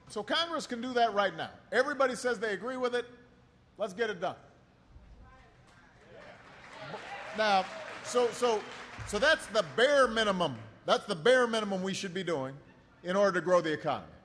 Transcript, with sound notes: So Congress can do that right now. Everybody says they agree with it. Let’s get it done. (Applause.) So that’s the bare minimum. That’s the bare minimum we should be doing in order to the grow the economy.